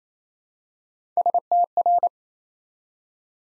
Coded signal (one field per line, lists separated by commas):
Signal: Morse code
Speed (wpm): 27 wpm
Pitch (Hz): 700 Hz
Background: none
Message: STR